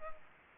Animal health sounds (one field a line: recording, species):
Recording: mosquito wingbeat signal from an infrared sensor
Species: Culex pipiens